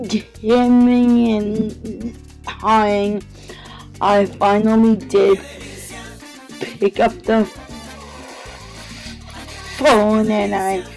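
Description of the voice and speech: An adult man who stutters telling a story, with stretched sounds, silent blocks and long pauses before words, typical of stuttering.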